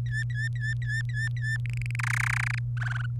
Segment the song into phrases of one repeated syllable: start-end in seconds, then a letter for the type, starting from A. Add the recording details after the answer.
0.06-1.57 A, 1.66-1.96 B, 1.99-2.59 C, 2.77-3.06 D. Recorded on 26 April 2018 at 18:18. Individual llb3